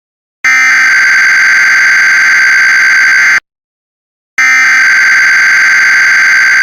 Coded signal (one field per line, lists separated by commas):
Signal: Emergency Alert System (SAME) tones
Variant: header bursts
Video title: EAS Tornado Watch (1/8/25)